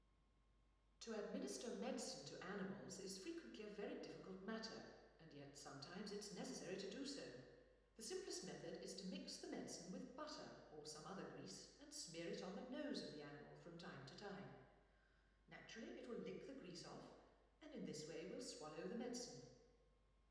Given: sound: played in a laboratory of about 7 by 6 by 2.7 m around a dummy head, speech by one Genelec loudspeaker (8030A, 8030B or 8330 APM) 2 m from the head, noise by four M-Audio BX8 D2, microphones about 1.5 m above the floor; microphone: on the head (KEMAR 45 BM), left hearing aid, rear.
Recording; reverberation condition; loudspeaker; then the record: female speech in English; high; 120 degrees to the left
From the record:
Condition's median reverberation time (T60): about 1300 ms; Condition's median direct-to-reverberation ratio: about -4.0 dB